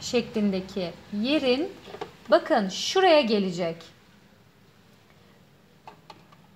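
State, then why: Seated. Someone talks, then after a quiet pause a metal bobbin case (shuttle) with its hook-shaped tab lined up in the slot is pressed onto a sewing machine's hook assembly. Short light ticks are heard, with the seating click at 6.1 s. The click shows the bobbin case is in place.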